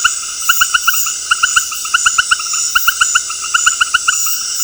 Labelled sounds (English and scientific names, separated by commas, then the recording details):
none
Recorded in dense forest near Puerto Asís, Putumayo, Colombia, on 21 February 2024 at 19:30
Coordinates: 0.485, -76.325
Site G6429